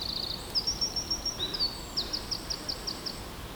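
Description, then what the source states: Eurasian wren singing a shrill, fast sequence of high notes and a short trill, followed by a brisk run of evenly repeated chipping notes. Recorded 21 July 2009.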